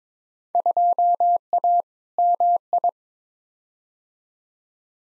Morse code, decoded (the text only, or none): 2A MI